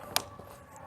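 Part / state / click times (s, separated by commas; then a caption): cot leg onto cot frame bar / seated / 0.2 s. A leg of a Kingcamp Ultralight Camp Cot is pushed down onto the cot frame bar until it locks in place. A single sharp, bright snap rings out at 0.2 s over quiet background, followed by a faint softer tap near 0.4 s. The snap confirms the leg is seated and locked correctly.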